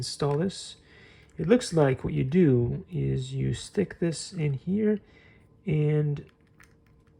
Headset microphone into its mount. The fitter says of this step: you push it down. Nope, that didn't seem to work at all.